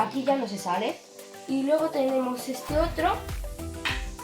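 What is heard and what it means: Someone talks while handling the second wheel of a toy doll stroller, getting it ready to be pushed onto the stroller's plastic axle rod. No distinct click is heard, and nothing has seated or clicked yet by the end of the clip.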